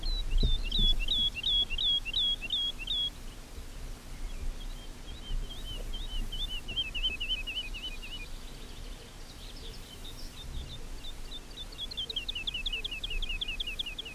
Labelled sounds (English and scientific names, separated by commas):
Wood Lark (Lullula arborea) song